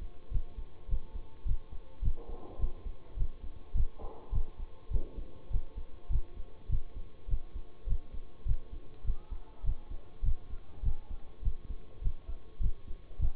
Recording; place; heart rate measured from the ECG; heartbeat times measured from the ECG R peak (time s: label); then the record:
heart sounds by stethoscope; between the tricuspid and mitral areas; 102 bpm
0.31 s: heartbeat
0.88 s: heartbeat
1.45 s: heartbeat
2.02 s: heartbeat
2.59 s: heartbeat
3.16 s: heartbeat
3.74 s: heartbeat
4.32 s: heartbeat
4.90 s: heartbeat
5.50 s: heartbeat
6.09 s: heartbeat
6.69 s: heartbeat
7.28 s: heartbeat
7.86 s: heartbeat
8.45 s: heartbeat
9.04 s: heartbeat
9.63 s: heartbeat
10.22 s: heartbeat
10.82 s: heartbeat
11.42 s: heartbeat
12.01 s: heartbeat
12.60 s: heartbeat
13.19 s: heartbeat
From the record:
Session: bicycle stress test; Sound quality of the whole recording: good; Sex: male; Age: 26 years